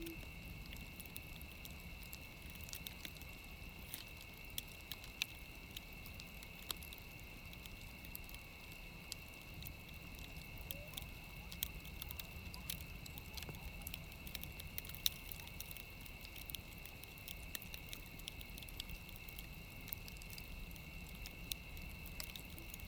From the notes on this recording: A crackling fire, coyotes howl in the distance, an owl hoots, a storm approaches.